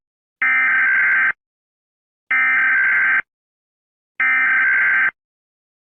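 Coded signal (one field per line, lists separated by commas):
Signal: Emergency Alert System (SAME) tones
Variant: header bursts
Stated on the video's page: Fictional flood warning EAS scenario, not a real alert.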